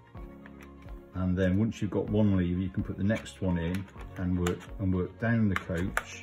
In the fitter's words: we need to get to there you can hear it click